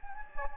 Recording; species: mosquito wingbeat signal from an infrared sensor; Anopheles gambiae